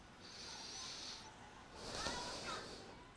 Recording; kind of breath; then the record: one breath in and out by a microphone near the nose and mouth; deep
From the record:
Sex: male